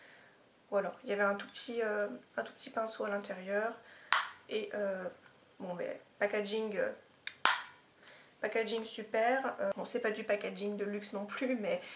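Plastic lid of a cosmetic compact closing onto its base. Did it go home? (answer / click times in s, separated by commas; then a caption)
yes / 7.5 s. Someone talks while closing the plastic lid of a small cosmetic compact onto its base. The lid clips shut with a sharp click at 7.4 s, taken as a sign of good quality.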